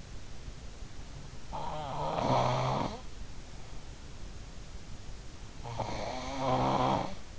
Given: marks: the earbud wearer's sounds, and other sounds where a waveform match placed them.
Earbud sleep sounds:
sounds in sleep by an in-ear microphone; snoring breath
1.35-3.29 s: snoring breath
5.44-7.38 s: snoring breath

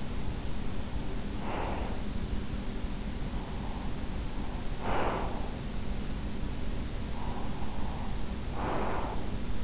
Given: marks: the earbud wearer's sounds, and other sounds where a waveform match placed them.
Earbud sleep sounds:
sounds in sleep by an in-ear microphone; breath
1.11-2.63 s: breath
3.21-5.86 s: breath
7.19-9.64 s: breath

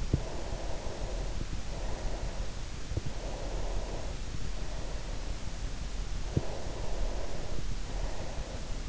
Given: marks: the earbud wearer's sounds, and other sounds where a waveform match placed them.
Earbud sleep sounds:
sounds in sleep by an in-ear microphone; breath
0.05-2.65 s: breath
3.30-5.51 s: breath
6.16-8.89 s: breath

